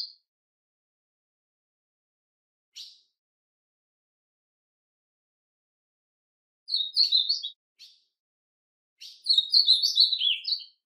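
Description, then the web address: A bird sings bright, high twittering phrases, starting with a few isolated chirps, then two warbling bursts of rapid varied notes near the end. "cantodepassaros"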